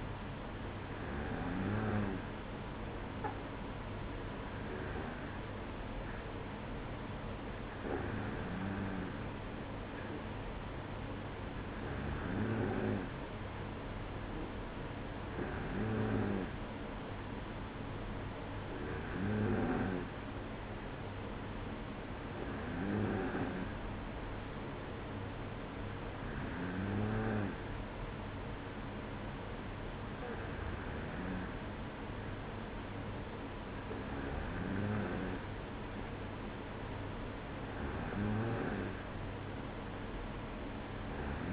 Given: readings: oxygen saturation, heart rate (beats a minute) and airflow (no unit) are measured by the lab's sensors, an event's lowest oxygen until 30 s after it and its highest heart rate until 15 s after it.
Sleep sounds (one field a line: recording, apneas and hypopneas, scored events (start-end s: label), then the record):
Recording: breathing in sleep by a voice recorder at the bedside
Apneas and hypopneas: none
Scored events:
none scored
From the record:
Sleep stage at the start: N2 (light sleep)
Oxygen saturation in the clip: 94%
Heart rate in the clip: 55 to 57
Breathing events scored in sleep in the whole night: 305 in 9.6 hours asleep